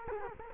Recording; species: mosquito wingbeat signal from an infrared sensor; Culex quinquefasciatus